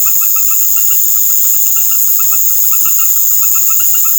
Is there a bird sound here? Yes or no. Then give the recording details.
no. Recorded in secondary vegetation near Puerto Asís, Putumayo, Colombia, on 13 March 2025 at 19:00. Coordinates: 0.489, -76.322. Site G042